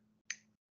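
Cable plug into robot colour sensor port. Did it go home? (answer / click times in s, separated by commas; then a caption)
yes / 0.3 s. A plastic cable connector is plugged into a robot's colour sensor port and seats with a single sharp, bright click at 0.3 s. The click stands out over a low steady hum. The sensor cable is clicked in and seated.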